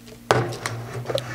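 The closing latch on a Nauticam underwater camera housing for a Panasonic GH4 is opened by pushing the red release button and turning the latch. A sharp click at 0.3 s is followed by lighter knocks at about 0.7 s and 1.2 s over a low hum. The latch releases and the housing opens.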